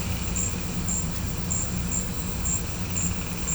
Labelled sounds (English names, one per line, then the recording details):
none
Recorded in pastures near Puerto Asís, Putumayo, Colombia, on 16 December 2024 at 16:00
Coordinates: 0.505, -76.324
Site G063